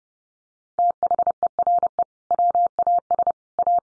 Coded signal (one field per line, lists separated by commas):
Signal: Morse code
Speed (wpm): 30 wpm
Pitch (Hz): 700 Hz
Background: none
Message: THERE WAS A